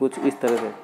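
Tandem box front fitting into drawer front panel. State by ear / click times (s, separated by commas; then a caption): not seated / none. A tandem box drawer front fitting is being handled at a wooden drawer front panel, going into place, while someone talks. Nothing has seated or clicked yet; the clip ends before the part goes home.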